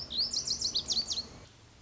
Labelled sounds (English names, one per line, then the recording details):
Lazuli Bunting
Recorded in Sonoma County, California